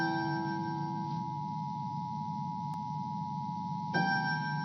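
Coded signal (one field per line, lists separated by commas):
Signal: Emergency Alert System (SAME) tones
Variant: 853 and 960 Hz attention tone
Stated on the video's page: Heard during a special DX test by AM 1100 station in Woodbine, Georgia, received on a Perseus SDR.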